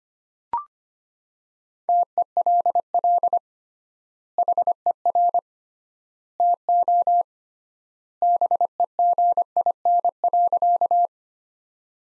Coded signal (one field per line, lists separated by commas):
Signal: Morse code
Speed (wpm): 25 wpm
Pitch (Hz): 700 Hz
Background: none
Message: TELL HER TO BEGIN.